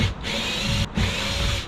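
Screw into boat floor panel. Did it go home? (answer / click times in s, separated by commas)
no / none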